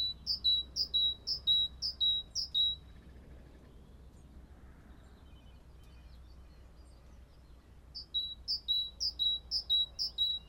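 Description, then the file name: Great tit song: quick, ringing two-note phrases repeated in a steady series, a silent gap of about five seconds, then the same series again, with faint background hum. "acclivity greattit"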